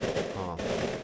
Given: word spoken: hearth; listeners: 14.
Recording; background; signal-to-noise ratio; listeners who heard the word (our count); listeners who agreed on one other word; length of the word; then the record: one English word in noise, from a listening test; noise modulated by three-talker babble; -6.3 dB; 1 of 14; 7 of 14; 0.64 s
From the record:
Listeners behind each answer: 7, 3, 1, 1, 1, 1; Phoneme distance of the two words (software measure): 10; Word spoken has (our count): 1 syllable, 3 phonemes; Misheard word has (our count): 1 syllable, 3 phonemes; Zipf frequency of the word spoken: 3.09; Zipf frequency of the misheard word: 4.48